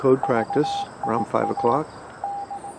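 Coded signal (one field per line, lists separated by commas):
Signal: Morse code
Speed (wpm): 18 wpm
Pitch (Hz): 800 Hz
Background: speech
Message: VIA D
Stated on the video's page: Received on a tuned all-coax, low-noise loop antenna designed for the low frequencies.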